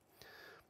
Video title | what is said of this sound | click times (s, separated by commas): CAT7 Cable Termination with ConnecTec CAT RJ45 Connector | so with level close pliers for example this makes it really easy you just go ahead and squeeze until they click | 0.2 s